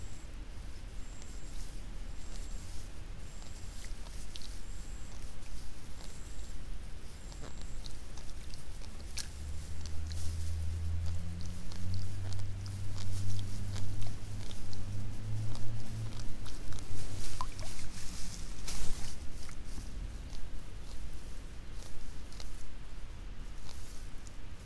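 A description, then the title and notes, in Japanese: Rice seedlings are pulled in the afternoon, with steady crisp rustling and snapping throughout. A high, regular insect chirp repeats about once a second for the first several seconds, and a low droning hum swells from about 9 to 17 seconds. イネ苗とり 午後 そろそろ虫の声。33℃\\18℃。晴れ。今季最後の苗とり。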